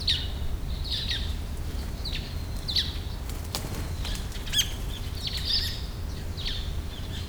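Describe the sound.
Bird chirps, short high sharp notes scattered irregularly throughout, over a steady low rumbling background noise.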